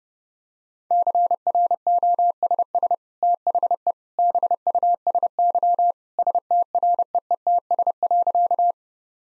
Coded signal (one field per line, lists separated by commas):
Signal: Morse code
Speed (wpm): 30 wpm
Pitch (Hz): 700 Hz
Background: none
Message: CROSS THE BUSY STREETS.